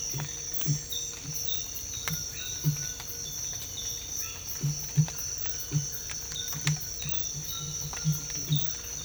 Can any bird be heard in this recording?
no